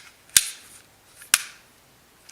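Pressing the side release button on the plastic ratcheting clamp of a DesertWest air vent car phone mount gives two sharp, bright clicks at 0.4 s and 1.3 s, and the clamp springs open so it can be widened. A fainter tick follows near the end, and the clamp has not clicked back in yet.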